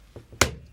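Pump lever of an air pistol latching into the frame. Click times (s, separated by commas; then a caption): 0.4 s. The top lever of a Gamo Compact .177 caliber single-stroke pneumatic air pistol is pressed closed with the flat of the hand, and a faint tap at 0.2 s is followed by a sharp metal click at 0.4 s. The lever latches back into place in the frame, leaving the pistol cocked and loaded.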